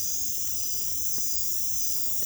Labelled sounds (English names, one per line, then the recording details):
none
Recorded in pastures near Puerto Asís, Putumayo, Colombia, on 22 December 2024 at 00:00
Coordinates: 0.487, -76.322
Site GP09